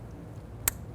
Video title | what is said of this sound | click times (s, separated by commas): How to Replace Intake Gasket Kit 1999-2004 Jeep Grand Cherokee 4.7L V8 | you're going to hear those click in want to continue that process all the way down | 0.7 s